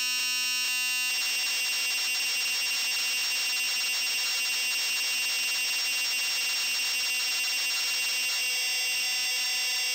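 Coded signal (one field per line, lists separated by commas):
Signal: computer data on cassette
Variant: MSX cassette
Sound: short buzzing tone bursts, then continuous harsh screeching data noise with a high whine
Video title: Match Day II (MSX) - Full tape loading sequence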